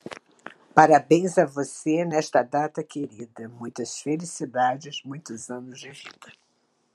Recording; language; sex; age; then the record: short text; Brazilian Portuguese; female; 60 to 69 years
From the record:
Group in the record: control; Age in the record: 68 years